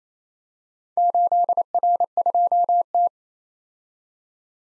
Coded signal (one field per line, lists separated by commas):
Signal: Morse code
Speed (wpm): 29 wpm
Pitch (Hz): 700 Hz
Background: none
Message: 8R2T